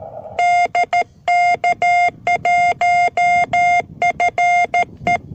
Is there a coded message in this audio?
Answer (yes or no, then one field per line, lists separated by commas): yes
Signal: Morse code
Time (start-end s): 0.4-5.2 s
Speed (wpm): 13 wpm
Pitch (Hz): 710 Hz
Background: none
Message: DK1FE